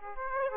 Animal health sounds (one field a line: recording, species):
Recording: mosquito wingbeat signal from an infrared sensor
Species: Aedes aegypti